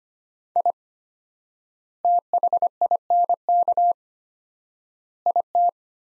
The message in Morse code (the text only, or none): I THINK IT